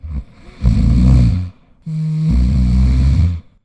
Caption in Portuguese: Ronco. Ron! ronc! roncar, ronco de humano ou animal.